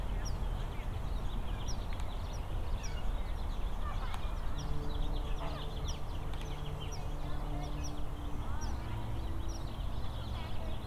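Slow, sustained pipe organ notes enter about halfway through and hold low and steady over a constant deep rumble, like a plane passing overhead. Throughout, small bright chirps from birds flicker above, with faint outdoor murmur underneath.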